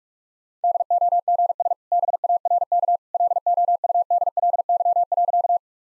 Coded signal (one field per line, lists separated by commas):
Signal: Morse code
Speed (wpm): 46 wpm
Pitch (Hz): 700 Hz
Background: none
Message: DOGS BARK LOUDLY.